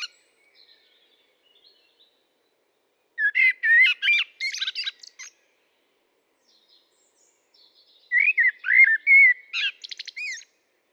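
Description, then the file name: Common blackbird singing two phrases a few seconds apart, low warbled fluting notes running into a scratchy, high-pitched twittering finish. "Turdus merula"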